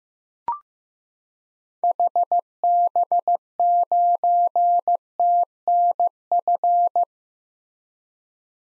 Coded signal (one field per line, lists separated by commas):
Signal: Morse code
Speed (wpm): 15 wpm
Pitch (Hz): 700 Hz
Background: none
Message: HB9TNF